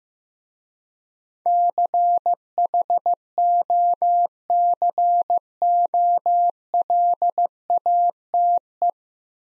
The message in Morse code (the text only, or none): CHOCOLATE